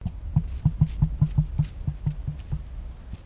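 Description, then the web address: Emu throat noise: a rapid series of deep, low thudding pulses, a resonant drumming that softens toward the end. "Sound Effects-Foundation 1 BIRD EMU THROAT NOISE"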